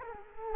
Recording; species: mosquito wingbeat signal from an infrared sensor; Culex quinquefasciatus